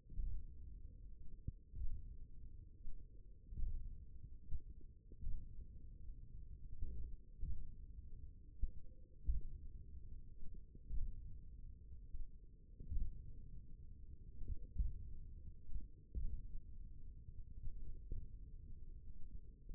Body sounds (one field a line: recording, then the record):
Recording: forearm muscle sounds (acoustic myography)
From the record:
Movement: tripod grip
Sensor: system 1, eight BSWA MPA416 microphones around the upper forearm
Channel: 4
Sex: male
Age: 28 years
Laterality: right